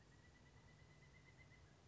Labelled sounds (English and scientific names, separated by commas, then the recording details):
Pileated Woodpecker (Dryocopus pileatus)
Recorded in Sonoma County, California